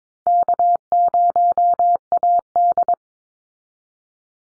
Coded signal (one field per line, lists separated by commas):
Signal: Morse code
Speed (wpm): 22 wpm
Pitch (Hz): 700 Hz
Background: none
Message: K0AD